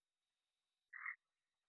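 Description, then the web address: Red-eyed tree frog giving a single short call note in otherwise near silence. Type 2 call. "Agalychnis-callidryas Tipo-2"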